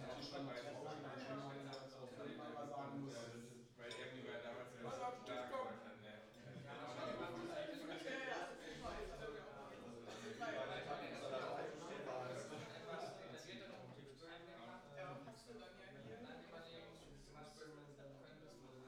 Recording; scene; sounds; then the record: everyday scene through a hearing-aid microphone; many people talking; many voices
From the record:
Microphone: in the ear canal, right